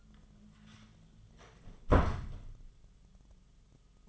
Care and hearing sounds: daily activity, microphone in the room; close door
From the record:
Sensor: 4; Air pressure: 1005.8 hPa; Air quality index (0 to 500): 88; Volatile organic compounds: 2 ppm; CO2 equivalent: 1088 ppm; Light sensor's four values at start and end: 13/29/11/10 and 13/30/12/11

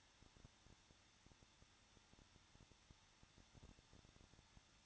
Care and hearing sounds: daily activity, microphone in the room; no activity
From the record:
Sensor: 3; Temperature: 21.2 degrees Celsius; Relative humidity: 36.5%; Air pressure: 1006.4 hPa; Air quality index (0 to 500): 224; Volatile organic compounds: 44 ppm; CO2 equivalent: 3211 ppm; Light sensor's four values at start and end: 2/3/2/2 and 2/3/2/2

